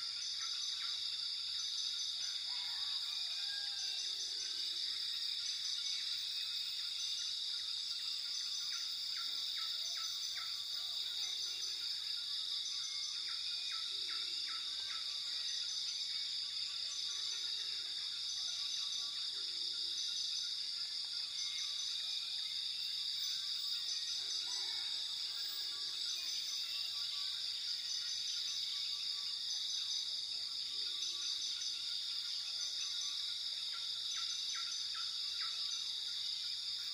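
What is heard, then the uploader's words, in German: Rainforest sounds: a dense, steady wall of high insect buzzing fills the whole clip without letup. Beneath it, faint lower calls, likely frogs or birds, recur every few seconds, and brief clicking bursts come and go. In der Einschlafmeditation hörst du Geräusche aus dem Regenwald.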